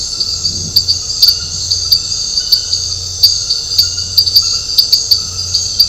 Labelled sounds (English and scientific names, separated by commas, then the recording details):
none
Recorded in dense forest near Puerto Asís, Putumayo, Colombia, on 13 March 2025 at 22:00
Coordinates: 0.468, -76.322
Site GP01